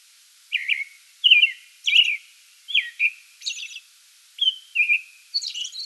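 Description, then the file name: American robin song of several whistled phrases, lower whistles alternating with higher scratchy notes, separated by brief gaps after an initial half second of quiet. Song bout recorded 8 May 2022. "2022-05-08 American Robin song bout"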